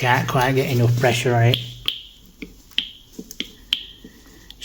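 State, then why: Released. Someone talks, then presses the release button on an Erbuaer airless paint sprayer pump repeatedly, producing sharp clicks at 1.9, 2.8, 3.4 and 3.7 seconds, with a few softer taps in between. The click releases the valve if it is sticking inside.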